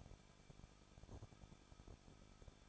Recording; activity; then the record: daily activity, microphone in the room; no activity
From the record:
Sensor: 5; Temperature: 20.8 degrees Celsius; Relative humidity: 38.2%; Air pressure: 1006.5 hPa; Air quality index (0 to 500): 187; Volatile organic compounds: 18 ppm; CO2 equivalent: 2620 ppm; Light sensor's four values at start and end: 2/3/1/1 and 2/3/1/1